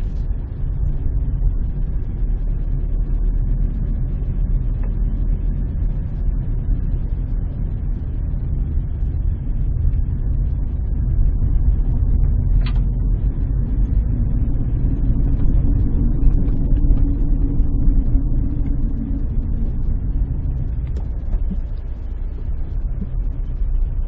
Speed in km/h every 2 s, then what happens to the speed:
18, 18, 17, 14, 15, 18, 25, 28, 28, 19, 8, 8.
0-9 steady at about 17. 9-16 speeds up to 28. 16-20 brakes to 8.